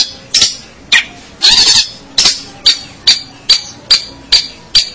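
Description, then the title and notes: Long-tailed shrike calls: harsh, rasping notes repeated quickly, with one longer grating burst early on. Indonesian name pentet; marked 201703. "Pentet 201703. Suara burung pentet"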